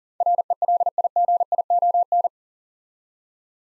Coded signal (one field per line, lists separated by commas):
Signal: Morse code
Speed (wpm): 40 wpm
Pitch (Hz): 700 Hz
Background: none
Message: RELIGION